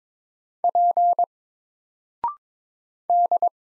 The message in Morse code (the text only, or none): P D